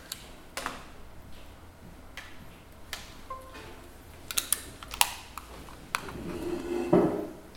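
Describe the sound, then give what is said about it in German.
Sharp, short computer mouse clicks tap out at irregular intervals, a few spaced apart and then a quicker cluster, over a faint low background hum with no talking, as a speaker tests the mouse during a lecture on anarcho-syndicalism in Trier. “Muss ich mal kurz ausprobieren, wenn ich einfach klicke.”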